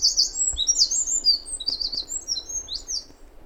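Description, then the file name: Eurasian wren singing a fast, very high run of sharp chirps and little trills, notes tumbling one after another for over three seconds over a faint hiss. "Troglodytes troglodytes"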